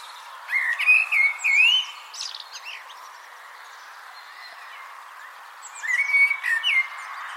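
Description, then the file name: Eurasian blackbird singing a mellow rising and falling whistled phrase with squeaky endings, a short pause, then a second phrase. "Turdus merula"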